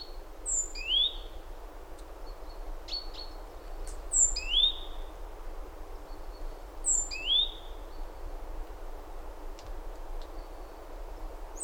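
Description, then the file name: Great tit calls: paired high, sharply sloping notes, a thin whistle above a rising slur, repeated roughly every three seconds over steady low background noise. "Parus major"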